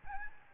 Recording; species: mosquito wingbeat signal from an infrared sensor; Aedes albopictus